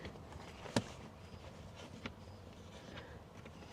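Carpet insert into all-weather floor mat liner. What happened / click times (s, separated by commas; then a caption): The insert snapped into the mat / 0.8 s. A soft carpet insert is pressed down onto a rubber all-weather floor liner in a truck cab until it seats with a sharp click at 0.8 s. A quieter tap follows at about 2.1 s over low background noise, and the insert ends up clicked into place on the 3W floor mat liner.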